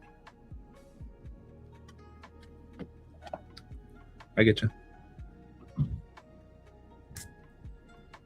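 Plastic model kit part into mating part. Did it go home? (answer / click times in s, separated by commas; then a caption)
no / none. A plastic model kit part is handled against its mating part, with soft ticks and taps over a low background hum while someone talks. Nothing has seated or snapped home yet.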